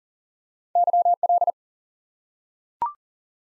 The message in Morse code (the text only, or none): YL